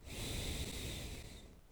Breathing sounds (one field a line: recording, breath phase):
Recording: one breath near a microphone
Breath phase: exhalation